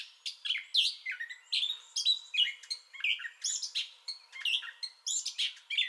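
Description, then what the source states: Gray catbird singing quick, varied phrases of mewing slurs, squeaks and chips, one after another with hardly a break. Entire song bout, 30 May 2021.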